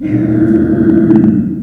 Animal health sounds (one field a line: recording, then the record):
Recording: squeal of a Yucatan mini pig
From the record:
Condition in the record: after surgery on the right vocal fold (resection and tissue-engineered implant)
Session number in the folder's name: 4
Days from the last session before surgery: 26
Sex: female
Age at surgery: 19 weeks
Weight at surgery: 25 kg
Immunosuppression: prednisolone